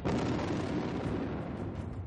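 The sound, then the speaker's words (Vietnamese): A sustained, heavy rumbling roar fills the whole span, dense with low-end energy and crackling debris, as the body of Hồ Nhạc Phàm violently explodes into blood and bone, without a clear single onset. “Một tiếng động dữ dội vang lên, cơ thể Hồ Nhạc Phàm nổ tung thành một đám xương máu, rải trên đám cỏ dại”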